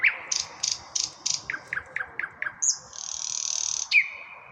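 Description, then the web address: Common nightingale song: a loud whistled note, then a row of pulsed high notes, descending paired chirps, a long buzzy rattle and a closing sharp whistle. "rossignol chant du rossignol"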